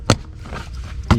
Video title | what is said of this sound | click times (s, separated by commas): Lasfit Floor Mats Unboxing, Installation, and Review | you hear it snap and | 0.1 s, 1.1 s